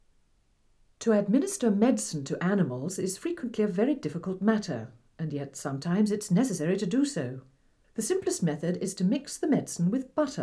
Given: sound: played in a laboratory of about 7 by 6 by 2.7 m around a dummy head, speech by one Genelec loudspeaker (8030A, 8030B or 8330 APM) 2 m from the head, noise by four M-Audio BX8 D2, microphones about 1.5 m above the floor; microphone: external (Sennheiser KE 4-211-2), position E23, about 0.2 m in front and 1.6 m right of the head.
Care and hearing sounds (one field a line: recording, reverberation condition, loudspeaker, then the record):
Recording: female speech in English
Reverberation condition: low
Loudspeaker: 60 degrees to the right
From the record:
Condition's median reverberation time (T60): about 310 ms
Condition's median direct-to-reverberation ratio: about 3.5 dB